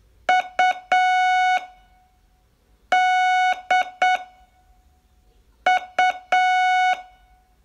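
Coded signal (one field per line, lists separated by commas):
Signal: Morse code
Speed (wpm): 8 wpm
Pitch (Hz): 740 Hz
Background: none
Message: U D U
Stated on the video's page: Day 18 of a 42-day Morse training course.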